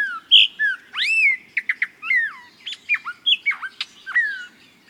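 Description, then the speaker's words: Blue Mockingbird song: a rapid varied run of clear whistles, sharp upslurred and downslurred notes and short chattery phrases, rich and loud, with a soft low hum beneath. Heard in the morning in Oaxaca, Mexico, just below a morning glory tree; a tropical bird found only in Mexico. "And just below is a blue mockingbird, a tropical gem"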